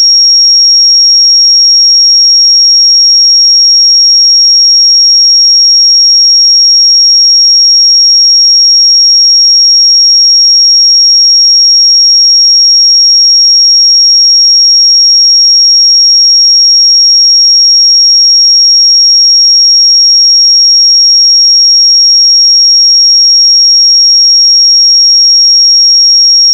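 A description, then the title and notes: A pure sine tone at 5583 Hz holds perfectly steady for the whole clip, a single thin, high, piercing whistle. Its loudness never changes, there are no breaks or other events, and nothing else sounds behind it. 5583 Hz 1 Hz Interval Sine Pure Tone Frequency 441000 Sample Mono.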